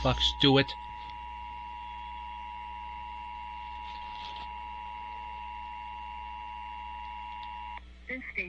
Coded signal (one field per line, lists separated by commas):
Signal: Emergency Alert System (SAME) tones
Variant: 853 and 960 Hz attention tone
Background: speech